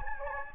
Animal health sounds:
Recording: mosquito wingbeat signal from an infrared sensor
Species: Anopheles gambiae

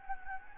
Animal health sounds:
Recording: mosquito wingbeat signal from an infrared sensor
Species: Anopheles gambiae

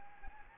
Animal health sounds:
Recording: mosquito wingbeat signal from an infrared sensor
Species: Anopheles gambiae

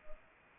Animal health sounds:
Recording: mosquito wingbeat signal from an infrared sensor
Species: Anopheles arabiensis

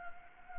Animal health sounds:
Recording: mosquito wingbeat signal from an infrared sensor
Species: Anopheles gambiae

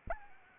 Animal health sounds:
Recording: mosquito wingbeat signal from an infrared sensor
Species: Anopheles arabiensis

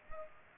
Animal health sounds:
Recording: mosquito wingbeat signal from an infrared sensor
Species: Culex pipiens

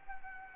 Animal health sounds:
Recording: mosquito wingbeat signal from an infrared sensor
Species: Anopheles arabiensis

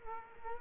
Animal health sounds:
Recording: mosquito wingbeat signal from an infrared sensor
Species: Culex quinquefasciatus

